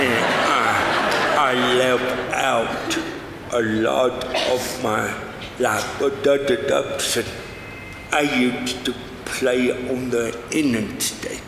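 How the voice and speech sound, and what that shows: Adult man speaking in an interview, with dysarthria from cerebral palsy he was born with.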